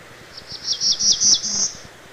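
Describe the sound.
Black-throated blue warbler song: a short phrase of high, buzzy notes that rise slightly toward the end, lasting just over a second.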